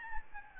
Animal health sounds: mosquito wingbeat signal from an infrared sensor; Aedes albopictus

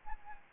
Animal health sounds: mosquito wingbeat signal from an infrared sensor; Anopheles arabiensis

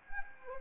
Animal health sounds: mosquito wingbeat signal from an infrared sensor; Anopheles arabiensis

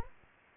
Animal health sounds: mosquito wingbeat signal from an infrared sensor; Anopheles arabiensis

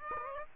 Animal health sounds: mosquito wingbeat signal from an infrared sensor; Aedes aegypti

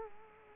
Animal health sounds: mosquito wingbeat signal from an infrared sensor; Culex quinquefasciatus

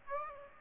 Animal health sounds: mosquito wingbeat signal from an infrared sensor; Aedes aegypti

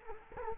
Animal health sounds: mosquito wingbeat signal from an infrared sensor; Culex quinquefasciatus

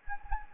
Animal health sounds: mosquito wingbeat signal from an infrared sensor; Anopheles gambiae

